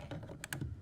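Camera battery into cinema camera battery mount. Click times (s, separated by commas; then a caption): 0.4 s, 0.5 s. A camera battery is slid down into a Red cinema camera's battery mount, following the V-shaped arrows, until it latches. After some low rustling, two sharp clicks at 0.4 s and 0.5 s mark the battery seating in the mount.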